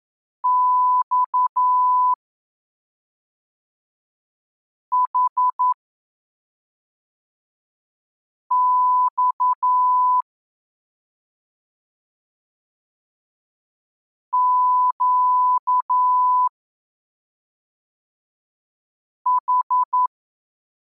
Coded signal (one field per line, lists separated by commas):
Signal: Morse code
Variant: Russian alphabet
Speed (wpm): 11 wpm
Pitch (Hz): 1000 Hz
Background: none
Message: Ь Х Ь Щ Х